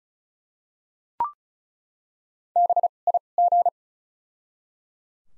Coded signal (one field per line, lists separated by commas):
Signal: Morse code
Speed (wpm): 36 wpm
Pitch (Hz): 700 Hz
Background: none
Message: BIG